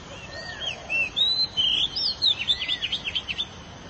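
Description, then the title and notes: Canary song: clear gliding whistles followed by a fast rolling trill of several short repeated notes. "BM Suara Kenari. BM Suara Burung Kenari"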